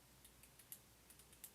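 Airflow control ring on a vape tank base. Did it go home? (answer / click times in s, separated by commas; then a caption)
yes / 0.7 s, 1.4 s. The stainless steel adjustable airflow ring, with dual slots at the base of a Uwell Crown 2 vape tank, is turned, giving faint small ticks. Sharp clicks at 0.7 s and 1.5 s mark the ring seating into its detent, and it stops in each direction.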